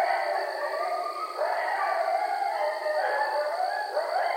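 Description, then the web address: Coyote howling chorus, overlapping sliding howls that rise and fall, over a constant high-pitched background drone. Several coyotes recorded on 15 August 2013. "Coyote 2013 08 15 Coyotes"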